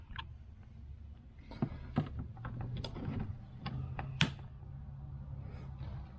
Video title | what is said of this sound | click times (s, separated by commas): EVERY GR COROLLA NEEDS THESE! - MEGA Chip Mud Flap Install. | so then that'll snap right into there and now that still gives us some wiggle room to get these | 4.2 s